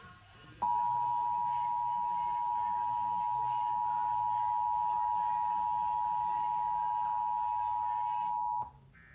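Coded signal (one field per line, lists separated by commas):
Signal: Emergency Alert System (SAME) tones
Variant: 853 and 960 Hz attention tone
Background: speech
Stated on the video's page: Required Monthly Test relayed by a television station and an FM station on 96.3 MHz.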